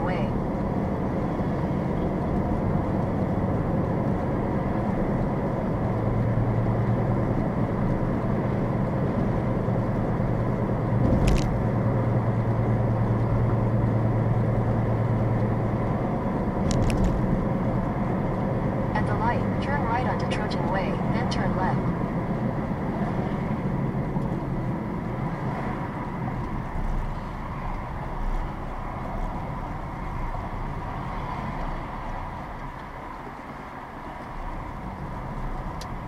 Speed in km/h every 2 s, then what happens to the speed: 53, 58, 63, 66, 66, 66, 66, 64, 64, 60, 56, 47, 35, 24, 15, 16, 6, 11.
0-6 speeds up to 66. 6-16 steady at about 66. 16-27 brakes to 15. 30-32 brakes to 6.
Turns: none.